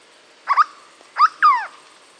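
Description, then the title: Hooded berryeater giving a few loud, slurred notes, the last one longer and falling, over a quiet background. "LuckyPassaro Completos2Sama. Hooded Berryeater (Carpornis cucullata)"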